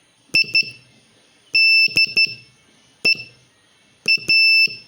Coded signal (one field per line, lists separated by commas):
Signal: Morse code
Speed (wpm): 13 wpm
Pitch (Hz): 2650 Hz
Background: none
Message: IDEA